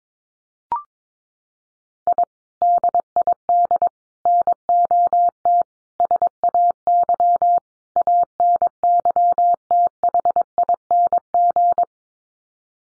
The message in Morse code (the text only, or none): I DID NOT SAY ANYTHING